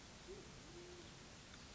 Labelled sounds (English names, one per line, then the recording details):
Band-tailed Pigeon
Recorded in Sonoma County, California